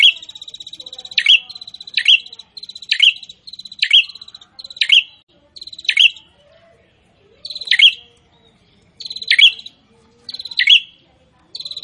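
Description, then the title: Prinia song: long buzzy trills punctuated by sharp explosive notes, several in quick succession, then spaced phrases after a brief pause. Prinia singing actively (gacor), presented to make listeners' own prinias more aggressive and vocal. "Prenjak gacor"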